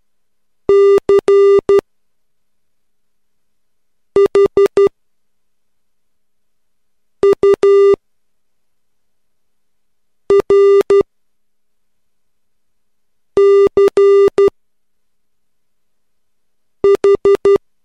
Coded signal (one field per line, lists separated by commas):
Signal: Morse code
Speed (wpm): 12 wpm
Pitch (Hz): 400 Hz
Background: music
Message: CHURCH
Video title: Morse Code Practice #3 - 3 WPM.wmv